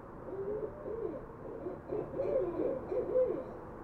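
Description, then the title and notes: Barred owl hooting in soft, arching notes that rise and fall, several in quick succession, against steady background noise. Several barred owls, west Dyke Marsh, April 20, 2016, shortly before 11:30pm; near full moon, mostly clear, 56 degrees; parabolic microphone, light high-pass filter. "Barred Owls. Recorded shortly before 11:30pm April 20, 2016 in west Dyke Marsh"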